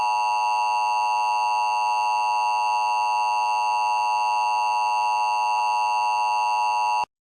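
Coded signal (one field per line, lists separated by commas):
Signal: Emergency Alert System (SAME) tones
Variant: 853 and 960 Hz attention tone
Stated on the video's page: Recreated weekly test from an internet alert station, with valid tones, many states encoded, and a VHS effect.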